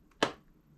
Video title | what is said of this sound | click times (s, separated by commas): Sizzix Scoring Board & Trimmer HD 1080p | This was not locked in, so listen, you'll hear a click. | 0.2 s